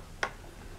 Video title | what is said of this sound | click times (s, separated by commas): petit retour de courses aldi | Donc, c'est sécurité, ça clipse. | 0.2 s